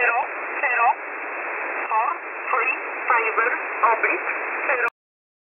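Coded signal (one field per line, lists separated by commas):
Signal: numbers station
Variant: E11 (Oblique)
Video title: E11 number station 5150 kHz USB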